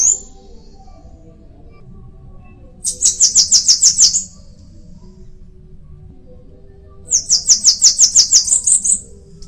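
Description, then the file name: Bananaquit song, a brief high note then two wheezy, rapid trills of about ten sharp notes each, spaced roughly four seconds apart. "canto da cambacica"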